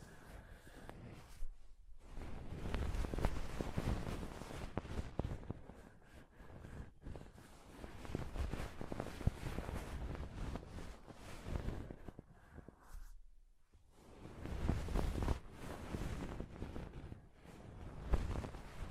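Rough scratching and rubbing on a microphone, a dense, crackly rustle with many sharp clicks and pops. It swells and fades irregularly, with brief near-silent gaps around two and thirteen seconds, and a deep rumbling thump underneath much of it.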